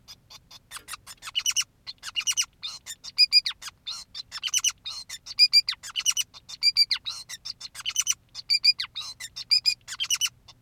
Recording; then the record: song of a male Bengalese finch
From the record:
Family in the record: son of father 2, and himself father 5